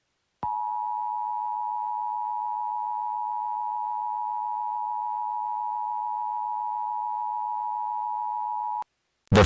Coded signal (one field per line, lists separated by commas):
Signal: Emergency Alert System (SAME) tones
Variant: 853 and 960 Hz attention tone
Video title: (EAS SCENARIO) NOT A FLU (Part One)